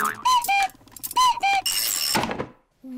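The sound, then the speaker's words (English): A toy cuckoo clock, whose cuckoo comes out once an hour, calls twice, each a clear two-note cuckoo dropping in pitch, followed by a brief whirring mechanical rattle and a short low tone. “The cuckoo was really, really brilliant. She went cuckoo and you missed it.”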